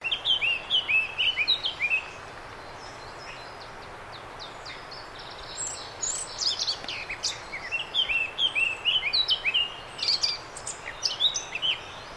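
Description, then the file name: Eurasian blackcap song in two bursts, each a rapid series of rich whistled notes, the second longer. "Sylvia atricapilla"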